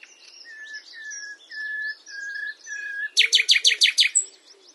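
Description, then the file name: Common nightingale song: four drawn-out plaintive whistles, then a loud burst of rapid percussive repeated notes. "Luscinia megarhynchos"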